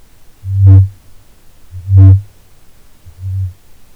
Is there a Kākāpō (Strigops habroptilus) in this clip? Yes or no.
yes